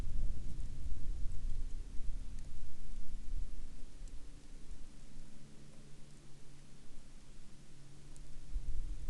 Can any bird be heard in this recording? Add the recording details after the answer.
no. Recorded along the Dempster Highway, Canada, on 26 October 2020 at 18:42. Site 25